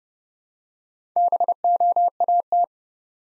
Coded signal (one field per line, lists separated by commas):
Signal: Morse code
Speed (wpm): 30 wpm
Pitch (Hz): 700 Hz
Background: none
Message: BOAT